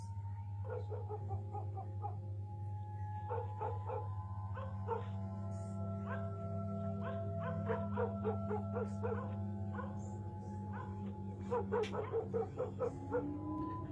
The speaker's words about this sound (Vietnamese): Hôm nay đường làng vắng đến lạ, chẳng có lấy một bóng người. Đâu đó chỉ vọng lại tiếng chó làng cắn ma nhấm nha nhấm nhặng.